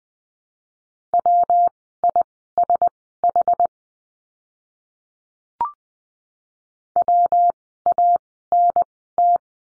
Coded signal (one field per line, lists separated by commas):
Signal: Morse code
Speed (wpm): 20 wpm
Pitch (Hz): 700 Hz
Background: none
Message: WISH WANT